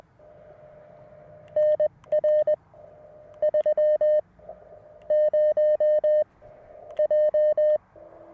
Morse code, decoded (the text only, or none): NR 30J